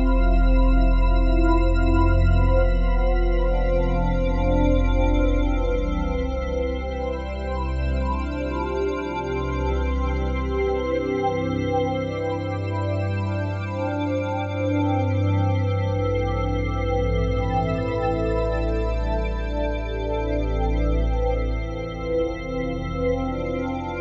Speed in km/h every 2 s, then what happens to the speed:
105, 106, 108, 110, 109, 109, 108, 105, 100, 97, 90, 88.
0-13 steady at about 108. 13-24 slows to 88.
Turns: none.